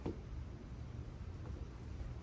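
A replacement exterior door handle is lined up with a Chevy Equinox/GMC Terrain car door so its two grooves go in at the same time, before it is pushed home. A brief soft contact sound at 0.1 s is followed by steady low rumbling background noise. Nothing has seated or clicked yet.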